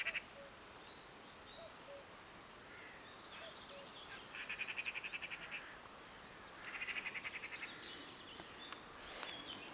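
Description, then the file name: Eurasian magpie making two rapid rattling chatter bursts of harsh clicks, against continuous shrill insect noise. "Pica pica"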